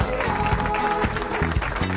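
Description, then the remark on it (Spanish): A burst of steady applause, many hands clapping in a dense, crackling wash that holds an even loudness for about two seconds, with a faint low tonal hum beneath it. “Fuerte aplauso. El aplauso.”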